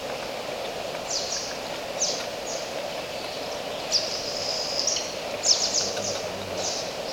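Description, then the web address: Oilbird calls: repeated high downslurred screeches, one drawn out, against steady background hum. "sound Oilbird. صدای-مرغ-روغنی"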